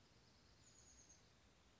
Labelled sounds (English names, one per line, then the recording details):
Chestnut-backed Chickadee
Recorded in Sonoma County, California